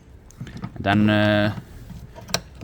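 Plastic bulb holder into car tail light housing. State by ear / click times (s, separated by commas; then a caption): seated / 2.3 s. A plastic bulb holder is pushed back into the tail light housing of a VW Golf MK4 while someone talks. A sharp, loud mechanical click at 2.3 s shows the holder has seated in the lamp housing.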